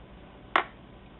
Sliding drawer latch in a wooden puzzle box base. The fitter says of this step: you should hear a click